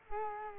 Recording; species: mosquito wingbeat signal from an infrared sensor; Culex quinquefasciatus